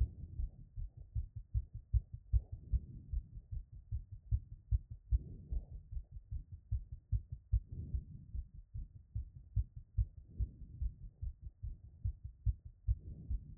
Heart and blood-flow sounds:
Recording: heart sounds by stethoscope after running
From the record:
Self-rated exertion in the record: moderate exertion (3 of 6)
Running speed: 5 mph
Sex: female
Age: 51 years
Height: 160 cm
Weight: 57 kg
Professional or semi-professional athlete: no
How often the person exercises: over 5 times a week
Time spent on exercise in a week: 1 to 2 hours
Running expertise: no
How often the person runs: under once a week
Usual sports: yoga

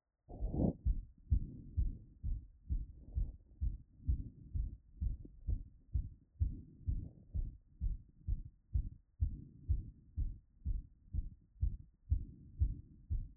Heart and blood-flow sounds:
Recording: heart sounds by stethoscope after running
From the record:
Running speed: 7 mph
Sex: male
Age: 20 to 29 years

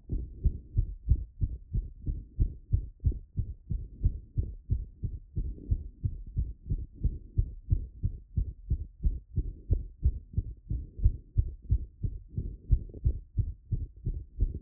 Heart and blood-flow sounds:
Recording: heart sounds by stethoscope after running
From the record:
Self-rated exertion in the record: vigorous exertion (4 of 6)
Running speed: 9 mph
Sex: male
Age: 19 years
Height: 175 cm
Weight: 69 kg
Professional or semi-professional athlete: no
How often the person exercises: 1 to 2 times a week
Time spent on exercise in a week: 1 to 2 hours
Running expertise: no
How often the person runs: under once a week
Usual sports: soccer

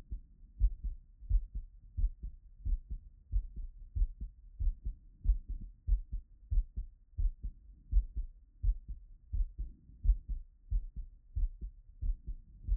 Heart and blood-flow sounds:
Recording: heart sounds by stethoscope after running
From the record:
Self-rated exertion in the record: light exertion (2 of 6)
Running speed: 8 mph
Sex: male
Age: 24 years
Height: 175 cm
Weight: 56 kg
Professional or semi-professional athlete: no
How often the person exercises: over 5 times a week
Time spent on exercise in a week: over 5 hours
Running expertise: yes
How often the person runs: over 5 times a week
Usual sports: running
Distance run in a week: 60 km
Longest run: 43 km

